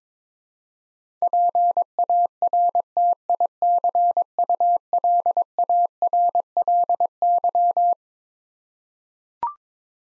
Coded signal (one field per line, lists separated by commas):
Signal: Morse code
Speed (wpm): 22 wpm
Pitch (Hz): 700 Hz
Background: none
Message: PARTICULARLY